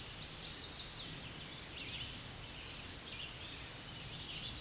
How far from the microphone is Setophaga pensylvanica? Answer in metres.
about 40 m